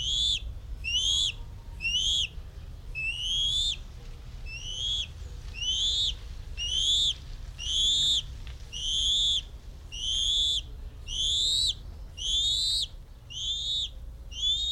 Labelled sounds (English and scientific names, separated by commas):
Bald Eagle (Haliaeetus leucocephalus)